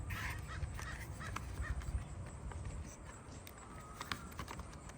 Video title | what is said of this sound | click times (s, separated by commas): Subaru WRX STi S209 Type Intercooler Spray System Part II. Ultra suede steering wheel, nozzles, test | bottom inserted first, and then top simply just snaps into place. Okay, that's done. | 4.1 s